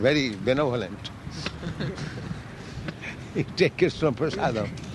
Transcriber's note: laughs